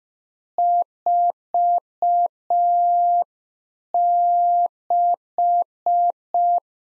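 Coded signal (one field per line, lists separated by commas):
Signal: Morse code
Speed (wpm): 5 wpm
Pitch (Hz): 700 Hz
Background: none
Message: 46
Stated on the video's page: Practice QSO at 5 wpm, one-sided complete exchange, each segment sent in Morse, spoken, then sent again for head-copy.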